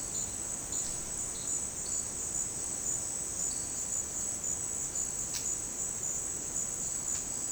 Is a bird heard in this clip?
no